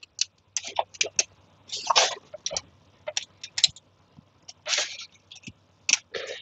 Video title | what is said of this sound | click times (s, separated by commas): J1939 Splice Block Connection For Aftermarket Telematics System | you'll also hear that snap back into place and there you have it | 1.2 s